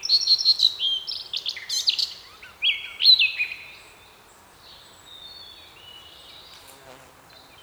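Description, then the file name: Eurasian blackcap giving a short burst of bright, warbled, fluty song over about three seconds, then only faint, thin notes trailing off. "Sylvia atricapilla"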